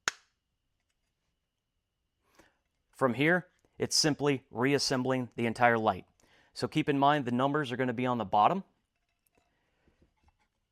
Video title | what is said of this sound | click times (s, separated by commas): Light Cover Install - Harbor Freight Roadshock Edge 4LED lights | place the rear end first and then rotate the front until it snaps. | 0.1 s